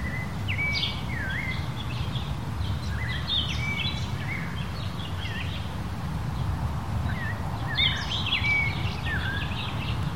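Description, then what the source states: Birds calling: whistled notes that dip and rise, mixed with brief high chirps in bursts, over a constant roar of wind. Countryside in Mexico, daytime, windy conditions.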